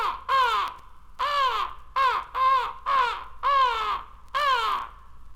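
Crow giving seven loud, rasping caws in quick succession, harsh and nasal, over a low steady hum.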